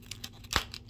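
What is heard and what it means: A plastic Mythic Legions action figure is being reassembled, and a limb or accessory is pushed onto its peg or ball joint in the body. After a few faint ticks at about 0.1, 0.3 and 0.7 seconds, a loud, solid click at 0.6 seconds marks the part snapping home and seating firmly.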